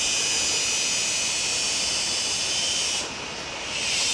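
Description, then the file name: Cicadas producing a continuous, dense, high-pitched hissing buzz that dips briefly in volume near the end before swelling back. "Zikaden"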